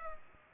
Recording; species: mosquito wingbeat signal from an infrared sensor; Aedes aegypti